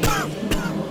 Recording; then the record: coughing mixed with background sound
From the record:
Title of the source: Coughing 51